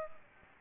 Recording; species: mosquito wingbeat signal from an infrared sensor; Aedes aegypti